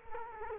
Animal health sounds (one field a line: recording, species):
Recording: mosquito wingbeat signal from an infrared sensor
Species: Culex quinquefasciatus